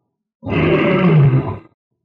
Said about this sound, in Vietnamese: Một tiếng gầm trầm thấp vang lên từ trong cái mồm to lớn của nó.